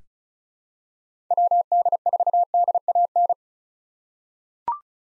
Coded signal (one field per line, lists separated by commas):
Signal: Morse code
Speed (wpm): 34 wpm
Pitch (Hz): 700 Hz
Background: none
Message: WD4DAN